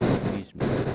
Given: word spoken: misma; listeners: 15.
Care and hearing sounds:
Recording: one Spanish word in noise, from a listening test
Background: noise modulated by one talker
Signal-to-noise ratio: -9.2 dB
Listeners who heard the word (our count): 1 of 15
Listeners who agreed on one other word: 12 of 15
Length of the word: 0.56 s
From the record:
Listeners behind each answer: 12, 1, 1, 1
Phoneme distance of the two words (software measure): 10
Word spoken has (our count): 2 syllables, 5 phonemes, stress on syllable 1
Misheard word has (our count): 2 syllables, 5 phonemes, stress on syllable 1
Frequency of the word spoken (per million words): 415.98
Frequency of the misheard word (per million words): 857.02

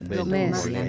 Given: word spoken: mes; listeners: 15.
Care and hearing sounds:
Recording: one Spanish word in noise, from a listening test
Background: four-talker babble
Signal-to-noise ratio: 0.9 dB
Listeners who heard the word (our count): 1 of 15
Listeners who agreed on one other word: 9 of 15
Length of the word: 0.49 s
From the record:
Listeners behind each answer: 9, 1, 1, 1, 1, 1, 1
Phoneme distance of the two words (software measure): 24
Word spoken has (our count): 1 syllable, 3 phonemes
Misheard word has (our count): 2 syllables, 5 phonemes, stress on syllable 2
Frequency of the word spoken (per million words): 176.70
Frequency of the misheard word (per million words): 70.24

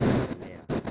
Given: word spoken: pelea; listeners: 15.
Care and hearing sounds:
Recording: one Spanish word in noise, from a listening test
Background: noise modulated by one talker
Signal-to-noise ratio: -11.2 dB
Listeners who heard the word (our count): 1 of 15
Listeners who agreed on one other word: 8 of 15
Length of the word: 0.51 s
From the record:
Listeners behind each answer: 8, 2, 1, 1, 1, 1, 1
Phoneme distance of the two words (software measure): 14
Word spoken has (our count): 3 syllables, 5 phonemes, stress on syllable 2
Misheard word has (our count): 2 syllables, 3 phonemes, stress on syllable 1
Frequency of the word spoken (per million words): 19.47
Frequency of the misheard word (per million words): 4.79

